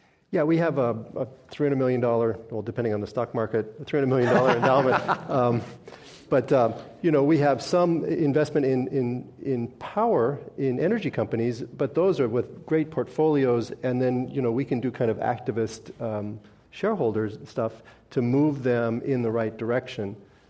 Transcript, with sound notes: Yeah, we have a $300-million, well depending on the stock market, a $300-million endowment.
[Laughter]
But, you know, we have some investment in power, in energy companies but those are with great portfolios and then, you know, we can do kind of activist shareholders and stuff to move them in the right direction.